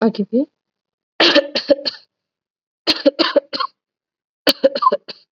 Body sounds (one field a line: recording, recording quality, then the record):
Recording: shallow voluntary cough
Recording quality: excellent, no background noise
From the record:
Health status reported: COVID-19 positive, mild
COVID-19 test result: positive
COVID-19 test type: rapid antigen test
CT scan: not taken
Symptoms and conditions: cough, fever, fatigue, muscle pain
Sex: female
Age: 36 years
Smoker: no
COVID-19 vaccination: both doses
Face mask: worn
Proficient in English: yes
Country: India